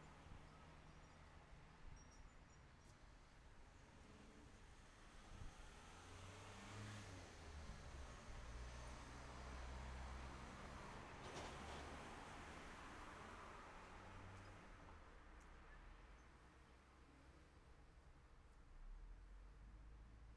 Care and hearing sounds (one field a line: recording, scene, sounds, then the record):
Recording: everyday scene through a hearing-aid microphone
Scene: in traffic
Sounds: traffic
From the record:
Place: city secondary road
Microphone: behind the ear, left, front